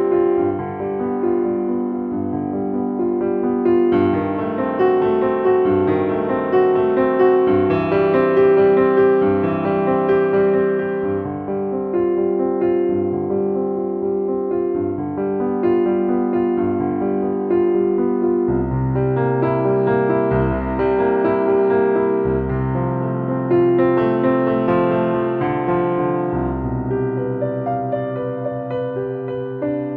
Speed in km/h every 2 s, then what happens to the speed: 68, 69, 69, 68, 64, 63, 63, 63, 63, 63, 61, 58, 58, 56, 55.
0-19 steady at about 63. 19-30 slows to 55.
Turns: none.